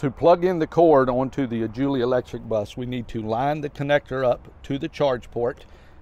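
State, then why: Not seated. A DC charging cable connector is being lined up with the charge port of an electric school bus while a man talks throughout. Nothing has seated or clicked yet.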